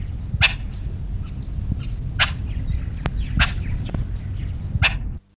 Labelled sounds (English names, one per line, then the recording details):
Red-billed Spurfowl call
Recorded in captivity
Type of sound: call
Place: Boo Boo Zoo Maun, BW
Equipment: Halbspur, 9,5 cm/s
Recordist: Lütgens, Hans
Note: Einer warnt aufgebaumt